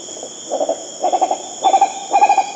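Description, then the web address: Green ibis giving low, rolling calls in four quick bursts of rapid pulsed notes, about one burst every half second, over a steady high insect drone. South America. "Natures Songs S America Green Ibis"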